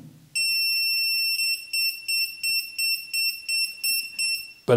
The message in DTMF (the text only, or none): none